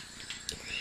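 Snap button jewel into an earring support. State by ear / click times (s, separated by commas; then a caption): seated / 0.5 s. A small snap button jewel is pressed onto a metal ear-cuff earring support, and a sharp, short click is heard at 0.5 s as it snaps into place. The piece is seated and clips on securely.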